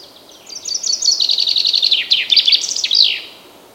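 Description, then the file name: Common chaffinch singing a phrase of rapid repeated notes in quick series that close with a sharp flourish; a soft hiss lies underneath. "Fringilla coelebs"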